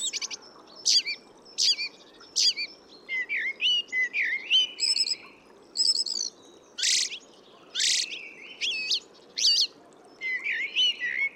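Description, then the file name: Eurasian blackbird song with quick fluty phrases and high squeaky twitters, delivered almost continuously in short bursts, with a soft hiss of background noise. "Turdus merula"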